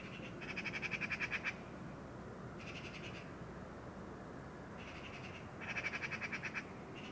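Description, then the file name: Eurasian magpie giving dry, rattling chatter, quick staccato bursts separated by short pauses, with constant low background noise underneath. "Pica pica"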